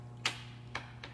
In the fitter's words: this is nice and easy it just goes straight in you'll hear it click